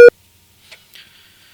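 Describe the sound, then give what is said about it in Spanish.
A single short, loud telephone busy-tone beep of a call cut off by a poor signal sounds at the very start, a steady mid-pitched tone, then gives way to faint, scattered line noise. “Sí, sí, vamos a intentar llamarte por otro teléfono porque no te está. Se corta.”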